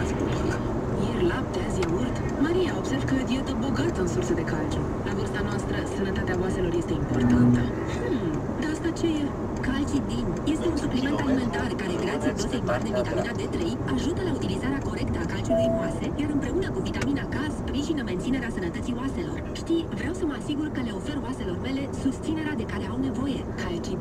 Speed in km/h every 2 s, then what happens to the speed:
105, 102, 100, 92, 88, 88, 77, 73, 71, 69, 67, 66.
0-24 slows to 66.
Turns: none.